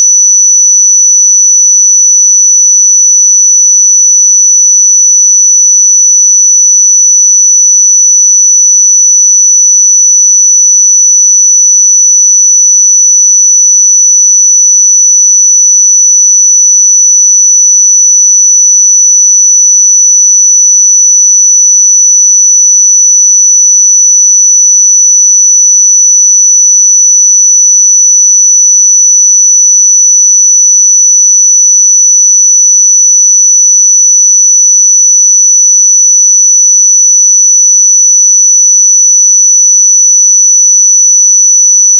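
A pure sine tone at 5949 Hz holds perfectly steady for the full forty-two seconds. The single high, thin whistle never wavers in pitch or loudness, with no other sounds around it.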